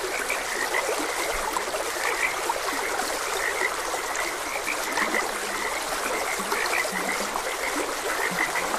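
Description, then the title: Short frog croaks pulse repeatedly from several animals, a few lower notes mixed in, while a stream flows steadily in the background. Frogs croaking beside a gentle stream. "Gentle Stream and Frogs Croaking"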